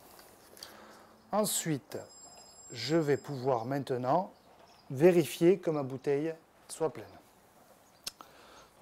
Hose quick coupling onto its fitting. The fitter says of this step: je pousse. Quand j'entends le petit clic, c'est que c'est bon, ça tient.